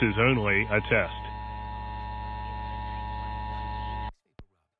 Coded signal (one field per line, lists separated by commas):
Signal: Emergency Alert System (SAME) tones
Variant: 853 and 960 Hz attention tone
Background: speech